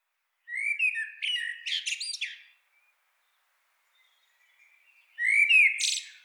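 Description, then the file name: Common blackbird song, two phrases opening with low warbled notes near the middle range and breaking into high, squeaky twittering, separated by a quiet gap. "Turdus merula"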